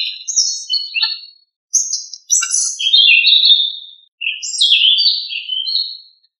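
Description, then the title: Thrush singing varied warbled phrases, high twittering notes sliding into lower whistles, with brief gaps between phrases and a quiet background. "Familia Turdidae - Sabia"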